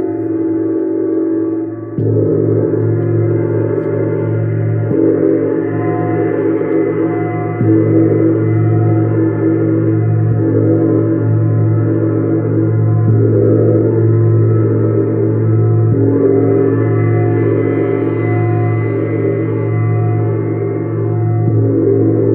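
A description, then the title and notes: A gong and singing bowls ring together in a dense, sustained wash of low, humming tones that never fully decays. Fresh strikes land every few seconds, around 2, 5, 7.5 and 16 seconds, renewing the swelling, shimmering drone. The sound is full. Sacred Healing with Venus Gong and Sacred Yoni Tibetan Singing Bowls.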